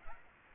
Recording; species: mosquito wingbeat signal from an infrared sensor; Aedes aegypti